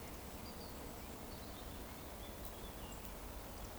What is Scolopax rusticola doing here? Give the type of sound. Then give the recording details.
whistle. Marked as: whistle, whistle. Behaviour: display flight. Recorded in Baden-Württemberg, Germany, on 12 June 2020 at 19:19 UTC. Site 14569, 102 m above sea level